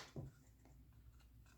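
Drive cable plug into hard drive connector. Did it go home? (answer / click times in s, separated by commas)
no / none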